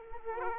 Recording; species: mosquito wingbeat signal from an infrared sensor; Aedes aegypti